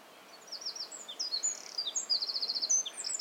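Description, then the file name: Eurasian wren song: a rapid, high-pitched outpouring of sharp notes, fast trills and buzzy rattles, building in volume after a quiet start, with soft background hiss. "Troglodytes troglodytes"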